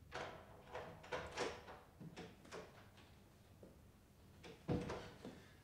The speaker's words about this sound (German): Sie hatte mir den Schlüssel gegeben, und so öffnete ich die Tür.